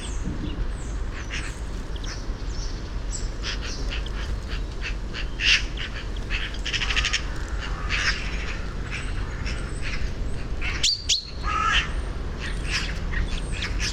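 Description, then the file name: Eurasian magpie giving harsh, rasping chatter bursts scattered throughout, mixed with a few thin chirps from other birds over a steady low rumble. "Pica pica"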